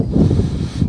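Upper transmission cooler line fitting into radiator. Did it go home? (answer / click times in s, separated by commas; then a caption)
no / none. The upper transmission cooler line fitting is handled at the aluminum radiator, with a low, rumbling, broadband handling noise rising and falling through the clip. Nothing has seated or clicked yet.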